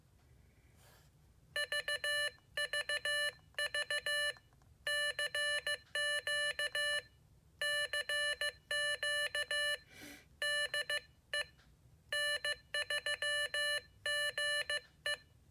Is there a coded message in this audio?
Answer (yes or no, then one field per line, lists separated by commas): yes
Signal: Morse code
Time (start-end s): 1.6-15.1 s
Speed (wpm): 15 wpm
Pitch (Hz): 1750 Hz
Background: none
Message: VVV CQ CQ DE N3GE